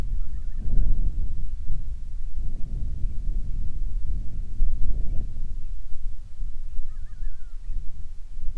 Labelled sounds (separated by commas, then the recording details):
bird, wind
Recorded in the Prudhoe Bay oil fields, Alaska, on 25 July 2019 at 02:32
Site 11